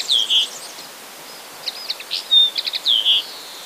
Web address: wroblowe kolekcja makolagwa